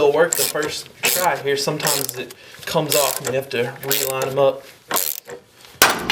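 A tie rod end puller tool is run down on a Honda Civic until the tapered steel tie rod end stud pops free of the steering knuckle, as someone talks. Ratcheting tool clicks are heard, then a loud, sharp pop at 5.8 seconds marks the stud releasing from the knuckle.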